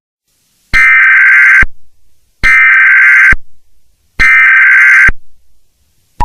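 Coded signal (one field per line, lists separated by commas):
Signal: Emergency Alert System (SAME) tones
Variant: header bursts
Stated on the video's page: Mock EAS tones.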